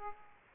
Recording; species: mosquito wingbeat signal from an infrared sensor; Aedes aegypti